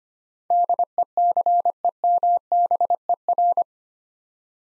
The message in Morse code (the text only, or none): DECEMBER